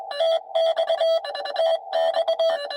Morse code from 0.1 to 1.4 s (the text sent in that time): TX